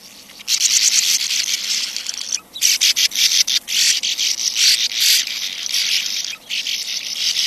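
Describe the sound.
Sand martin chattering: a dense, continuous rasping twitter with brief gaps.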